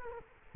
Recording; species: mosquito wingbeat signal from an infrared sensor; Culex quinquefasciatus